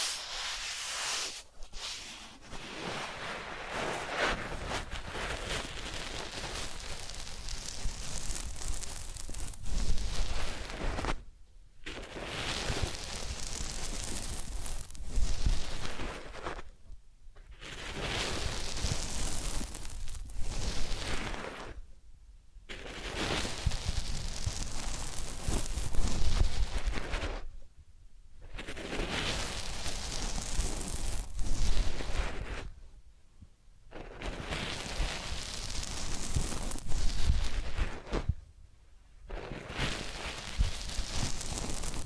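Massage and ear cleaning come through as rustling, rubbing swells that repeat every five or six seconds, each followed by a brief silence.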